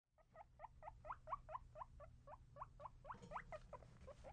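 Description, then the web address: Guinea pig giving a rapid series of short squeaks over a faint low hum. Guinea pig squeaks in a cage, with movement. "Sound Effects-SFXBible animals-guinea-pig-cage-ambience-movement-squeaks"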